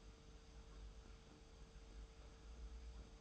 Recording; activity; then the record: daily activity, microphone in the room; make coffee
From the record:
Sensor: 1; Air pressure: 991.7 hPa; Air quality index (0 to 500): 169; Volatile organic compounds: 1000 ppm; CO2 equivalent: 6359 ppm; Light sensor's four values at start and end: 32/108/42/43 and 32/108/42/43